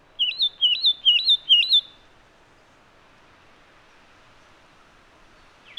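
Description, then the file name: Satin flycatcher giving four rapid, wavering, high whistles in a quick series, followed by quiet. "Myiagra Cyanoleuca"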